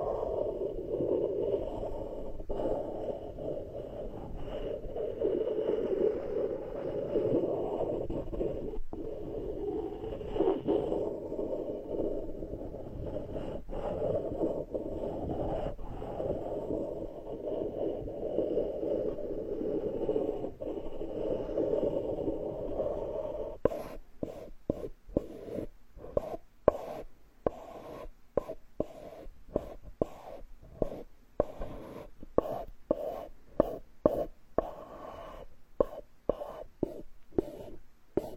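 Wood being worked in a carpenter's workshop: for the first twenty-odd seconds a steady, dense rasping scrape with a low-mid body, like a plane or rasp drawn continuously. Near the 24-second mark it breaks into rapid, irregular short strokes with brief gaps, sharper and brighter.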